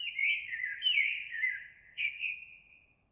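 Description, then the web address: Eurasian blackbird song: continuous rich, fluty warbling with slurred whistles and brief high twittering notes. Recorded 26 April 2022. "oiseaux Merle 2022 04 26"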